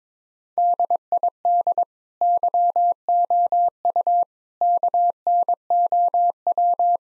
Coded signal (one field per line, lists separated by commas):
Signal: Morse code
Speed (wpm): 22 wpm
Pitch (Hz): 700 Hz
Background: none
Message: DID YOU KNOW